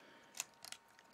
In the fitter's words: and this one actually snaps into place